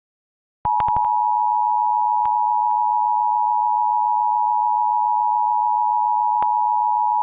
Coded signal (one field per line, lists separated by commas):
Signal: Emergency Alert System (SAME) tones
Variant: 853 and 960 Hz attention tone